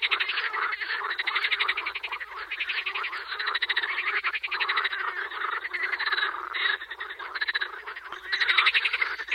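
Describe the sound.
Edible frog croaking in near-continuous runs of rattling, pulsed croaks, with a few louder bursts near the end.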